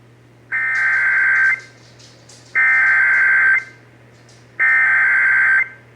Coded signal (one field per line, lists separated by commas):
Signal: Emergency Alert System (SAME) tones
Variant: header bursts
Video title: (EAS #488) Severe Thunderstorm Warning (WBAP-AM)